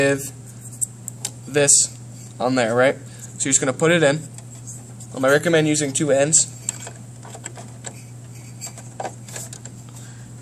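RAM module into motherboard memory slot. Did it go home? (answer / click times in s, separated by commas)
no / none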